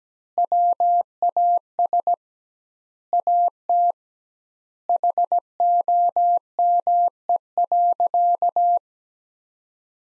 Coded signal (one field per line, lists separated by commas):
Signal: Morse code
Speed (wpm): 17 wpm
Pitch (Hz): 700 Hz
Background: none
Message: WAS AT HOME.